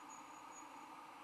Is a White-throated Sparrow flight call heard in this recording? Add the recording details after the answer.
no. No flight call is heard. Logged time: 01:50 on 21 December 2014